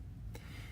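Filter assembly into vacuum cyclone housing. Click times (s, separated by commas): 0.3 s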